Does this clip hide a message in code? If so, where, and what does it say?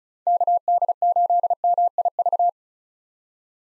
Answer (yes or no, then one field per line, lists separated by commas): yes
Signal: Morse code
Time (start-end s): 0.3-2.5 s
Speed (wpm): 36 wpm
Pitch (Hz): 700 Hz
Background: none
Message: KD8MIV